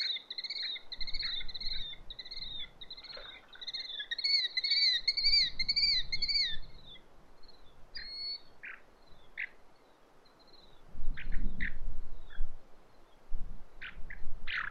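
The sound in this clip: Bird song: a run of wavering, buzzy notes lasting several seconds, followed by scattered short chirps over low background noise.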